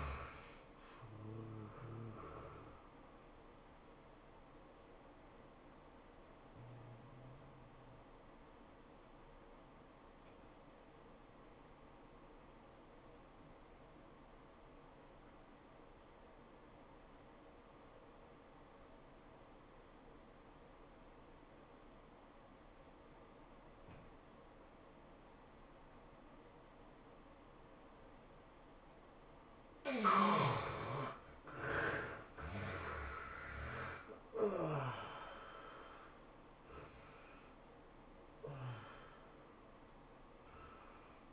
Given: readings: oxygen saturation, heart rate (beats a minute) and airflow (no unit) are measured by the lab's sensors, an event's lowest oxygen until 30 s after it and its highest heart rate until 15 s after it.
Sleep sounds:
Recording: breathing in sleep by a voice recorder at the bedside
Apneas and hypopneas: 1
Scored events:
4.00-30.50 s: obstructive apnea (N2, oxygen 96% highest, then 72% lowest, heart rate 101 at the start, 106 highest)
28.00-41.33 s: new sleep stage, N1 (lightest sleep)
From the record:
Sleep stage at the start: N2 (light sleep)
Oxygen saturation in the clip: 75 to 96%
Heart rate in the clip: 79 to 108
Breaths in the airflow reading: 4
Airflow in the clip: -15.2 to 15.0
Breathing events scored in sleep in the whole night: 403 in 5.5 hours asleep

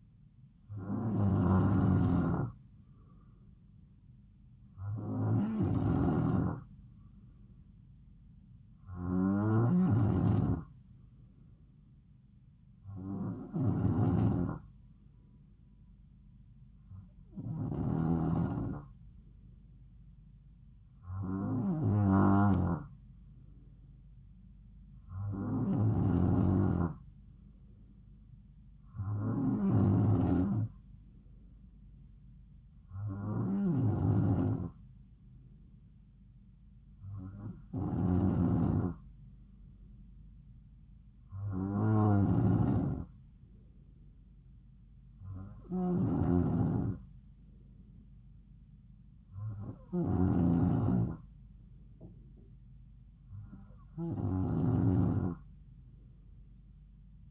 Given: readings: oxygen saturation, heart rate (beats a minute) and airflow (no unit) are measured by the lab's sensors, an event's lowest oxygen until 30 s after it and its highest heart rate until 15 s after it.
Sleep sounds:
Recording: breathing in sleep by a smartphone at the bedside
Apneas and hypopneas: none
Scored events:
none scored
From the record:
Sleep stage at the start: N2 (light sleep)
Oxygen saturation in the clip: 92 to 93%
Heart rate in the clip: 67 to 72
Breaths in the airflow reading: 14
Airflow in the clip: -3.3 to 2.6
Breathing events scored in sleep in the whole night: 270 in 6.1 hours asleep

